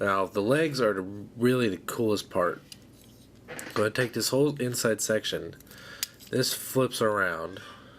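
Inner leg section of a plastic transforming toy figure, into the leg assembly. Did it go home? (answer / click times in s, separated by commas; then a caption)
no / none. Someone talks while handling a plastic Transformers Prime Deluxe Wheeljack transforming robot figure, flipping the inner leg section around to press it into the leg assembly, with a short sharp handling sound near 3.6 seconds. The clip ends just before the part goes home; nothing has seated or clicked yet.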